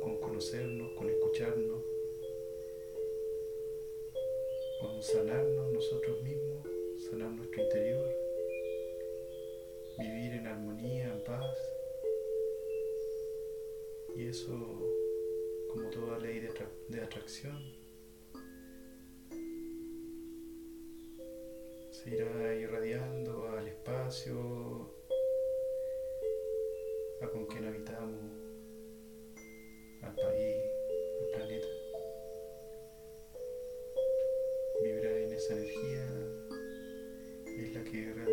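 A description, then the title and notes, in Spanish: Singing bowls ring with long, steady tones and shimmering overtones, struck afresh every few seconds so new pitches layer over fading ones. Short bursts of a speaking voice come and go between strikes throughout. Un viaje entre cuencos y sus armonicos.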